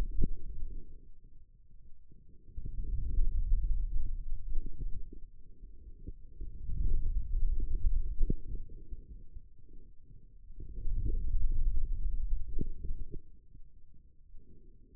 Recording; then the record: forearm muscle sounds (acoustic myography)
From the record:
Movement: hand closing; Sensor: system 2, bracelet of six BSWA MPA416 microphones around the upper forearm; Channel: 4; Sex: male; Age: 22 years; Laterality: right